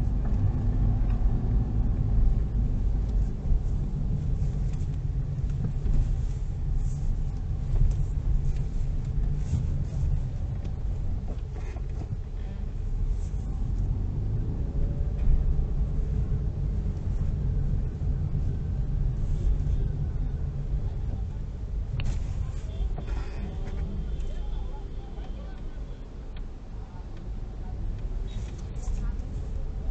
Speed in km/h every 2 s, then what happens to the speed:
27, 23, 19, 18, 16, 10, 17, 21, 21, 15, 10, 5, 3, 6, 8.
0-9 slows to 10. 16-23 slows to 3.